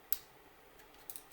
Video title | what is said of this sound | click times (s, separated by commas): Canon EOS R10 - Unboxing & Feature Breakdown | just like that it'll just click right in and you can take it out just push on the sd card | 0.1 s